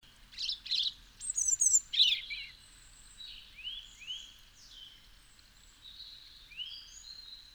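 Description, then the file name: European robin song: a loud burst of thin, high, jumbled twittering phrases, then quieter sliding whistles and rising notes repeated through the rest. "Erithacus rubecula"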